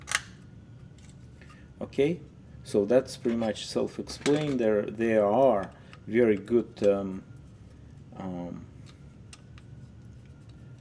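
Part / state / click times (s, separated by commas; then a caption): plastic part fitted into an RC scale tank model / seated / 9.3 s. Someone talks while a plastic part of a Tamiya 1/35 RC German Panzerkampfwagen IV tank model kit is pressed into place. After the talking stops, a sharp click at 9.3 s shows the part has seated and is now secure.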